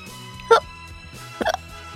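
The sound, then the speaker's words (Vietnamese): Two sharp hiccups, about a second apart, each a short voiced burst standing out over a low steady background hum, with no talking. “Tôi bỗng bị nấc cục.”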